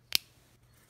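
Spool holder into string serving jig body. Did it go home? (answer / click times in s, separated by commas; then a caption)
yes / 0.2 s. A spool holder is pushed down onto the two locking lips inside the body of a prototype bow string serving jig. It seats with a sharp, bright click at 0.2 s, right after a softer tick. A low, steady hum continues underneath.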